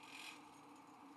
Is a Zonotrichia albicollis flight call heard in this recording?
no